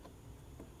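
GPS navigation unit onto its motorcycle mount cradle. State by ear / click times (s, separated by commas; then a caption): not seated / none. A Garmin Zumo XT GPS unit is handled and pressed toward its plastic handlebar cradle mount on a Tenere 700 motorcycle, with only faint rubbing and soft ticking over steady background noise. Nothing has seated or clicked yet; the clip ends before the unit snaps onto the mount.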